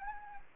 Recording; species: mosquito wingbeat signal from an infrared sensor; Anopheles gambiae